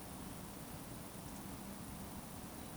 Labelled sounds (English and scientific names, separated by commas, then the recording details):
Eurasian Woodcock (Scolopax rusticola) whistle
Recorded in Baden-Württemberg, Germany, on 21 June 2020 at 20:15 UTC
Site 42618, 210 m above sea level